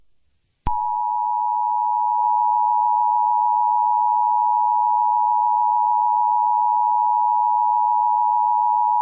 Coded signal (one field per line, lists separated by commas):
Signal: Emergency Alert System (SAME) tones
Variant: 853 and 960 Hz attention tone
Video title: EAS Scenario 5 - Zombie Apocalypse (SUPERCUT)